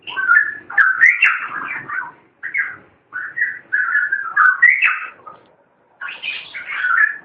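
Long-tailed shrike song: rapid varied warbling phrases with whistled notes, delivered in several bursts with short gaps.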